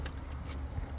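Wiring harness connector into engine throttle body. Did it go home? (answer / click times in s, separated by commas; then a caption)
no / none. A wiring harness connector for the throttle body of a Porsche Cayenne 4.8, being replaced during a thermostat job, is handled as its cable is routed under a part toward the throttle body. A brief sharp tick at 0.06 s sits over a steady low hum with faint rustling. The connector has not seated or clicked in yet.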